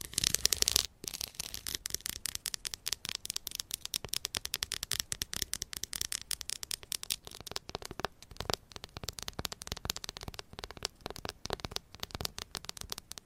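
Rapid fingernail tapping and scratching on items, dense sharp clicks with a louder burst at the start, then steady quick rattling crackles throughout.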